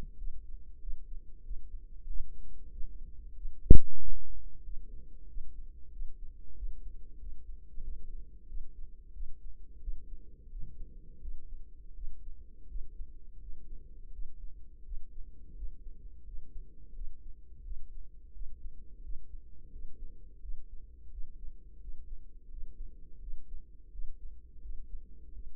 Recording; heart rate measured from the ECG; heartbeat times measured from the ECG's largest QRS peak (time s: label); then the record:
heart sounds by microphone in the right ear; 88 bpm
0.15 s: heartbeat
0.78 s: heartbeat
1.41 s: heartbeat
2.04 s: heartbeat
2.69 s: heartbeat
3.33 s: heartbeat
3.97 s: heartbeat
4.61 s: heartbeat
5.25 s: heartbeat
5.89 s: heartbeat
6.53 s: heartbeat
7.17 s: heartbeat
7.80 s: heartbeat
8.45 s: heartbeat
9.10 s: heartbeat
9.78 s: heartbeat
10.47 s: heartbeat
11.18 s: heartbeat
11.92 s: heartbeat
12.65 s: heartbeat
13.37 s: heartbeat
14.09 s: heartbeat
14.81 s: heartbeat
15.52 s: heartbeat
16.22 s: heartbeat
16.91 s: heartbeat
17.61 s: heartbeat
18.30 s: heartbeat
18.99 s: heartbeat
19.68 s: heartbeat
20.38 s: heartbeat
21.08 s: heartbeat
21.77 s: heartbeat
22.47 s: heartbeat
23.17 s: heartbeat
23.88 s: heartbeat
24.58 s: heartbeat
25.29 s: heartbeat
From the record:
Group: healthy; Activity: cold pressor test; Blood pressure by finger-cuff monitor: 130/72 mmHg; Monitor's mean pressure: 92 mmHg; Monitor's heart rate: 87 bpm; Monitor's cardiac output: 7.8 L/min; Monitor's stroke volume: 88 mL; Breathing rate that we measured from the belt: 21 breaths a minute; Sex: female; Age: 32 years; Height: 172 cm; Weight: 71.7 kg